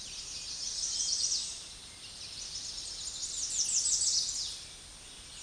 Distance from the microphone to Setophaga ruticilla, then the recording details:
about 15 m. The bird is about level with the microphone. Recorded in a Pennsylvania forest on 16 May 2024 at 08:23. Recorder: AudioMoth, point MSD-2027. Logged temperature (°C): 15.6 °C. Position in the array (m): 116 m, 233 m